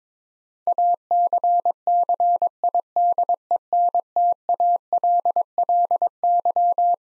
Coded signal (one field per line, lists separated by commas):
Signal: Morse code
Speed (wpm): 22 wpm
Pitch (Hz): 700 Hz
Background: none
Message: ACCIDENTALLY